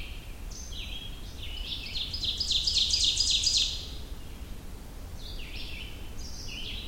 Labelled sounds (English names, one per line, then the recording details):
Ovenbird song
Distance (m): 20 m
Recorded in boreal forest in Alberta, Canada, on 23 June 2016 at 06:38
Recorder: SongMeter 3, array SBT-6-76
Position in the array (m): 21 m, 87 m
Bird 2